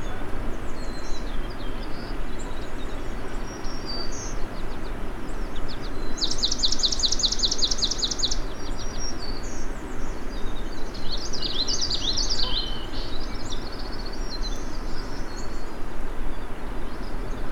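Songbirds sing over a constant low rushing noise that fills the whole clip. A high, rapid trill runs from about 6 to 8 seconds, and another bright burst of notes comes around 11 to 13 seconds. Fainter chirps scatter throughout.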